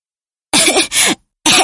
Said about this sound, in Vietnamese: Nó mở miệng ra và lập tức nuốt phải một bụng tro. Nó ho.